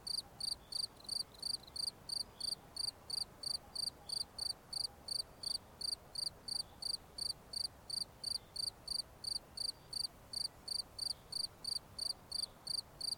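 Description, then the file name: Steady cricket chirping, each pulse short and piercing, repeated around three times a second for the whole stretch, faint hiss behind. "Grillons"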